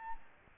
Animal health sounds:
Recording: mosquito wingbeat signal from an infrared sensor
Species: Aedes albopictus

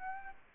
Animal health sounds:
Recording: mosquito wingbeat signal from an infrared sensor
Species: Aedes aegypti

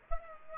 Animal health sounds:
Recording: mosquito wingbeat signal from an infrared sensor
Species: Aedes albopictus

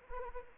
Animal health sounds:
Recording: mosquito wingbeat signal from an infrared sensor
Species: Anopheles arabiensis

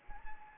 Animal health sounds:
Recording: mosquito wingbeat signal from an infrared sensor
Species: Anopheles gambiae

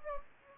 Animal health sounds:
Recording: mosquito wingbeat signal from an infrared sensor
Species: Anopheles gambiae

